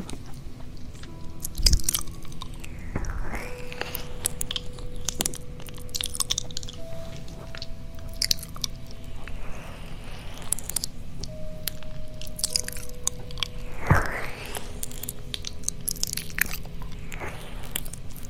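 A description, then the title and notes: A cat licks an ear with steady wet, rasping strokes and crunchy chewing-like clicks, plus a few sharper bursts near two and fourteen seconds. ASMR Kitty Ear Licking.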